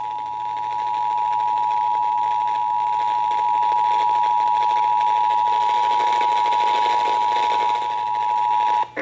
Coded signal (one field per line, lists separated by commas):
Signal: Emergency Alert System (SAME) tones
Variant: 853 and 960 Hz attention tone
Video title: (EAS #572) Child Abduction Emergency (KFWR-FM)